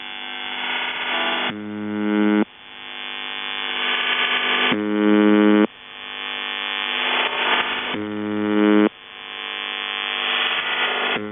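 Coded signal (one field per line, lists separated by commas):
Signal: channel marker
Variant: UVB-76, CIS-12 modem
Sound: three one-second harsh buzzes alternating with loud rushing warbling data hiss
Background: radio static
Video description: Russian Buzzer seen with CIS-12 AT-3104 modem manufacturer by JSC Almaz CIS-12 idle audio channel leaking as audio compression takes place in-between dwell cycle of buzz.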